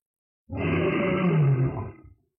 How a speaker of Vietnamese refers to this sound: Hung thú rít gào, tất cả đều là sinh linh trong bí cảnh này. Lâu nay vẫn đang ẩn náu, nhưng giờ đã hiện thân, vô giết lên trời cao.